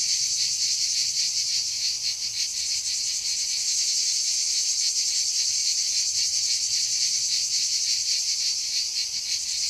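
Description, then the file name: Cicada song, a dense, unbroken high-pitched rasp with uneven, rapid flutters in loudness throughout. "CHANT CIGALE"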